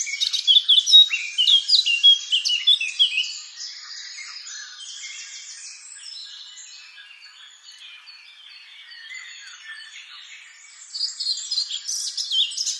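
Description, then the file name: Eurasian blackcap song, energetic chirping phrases at the start, quieter scratchy warbling through the middle, and a renewed burst of high notes at the end. "Sylvia atricapilla"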